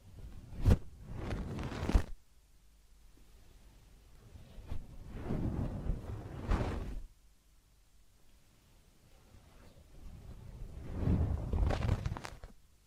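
Massage and ear cleaning sounds come in short bursts of rubbing and scratching, with sharp clicks or taps near the start. Louder rustling swells around 5 to 7 seconds and again near 11 to 12 seconds, with near silence between.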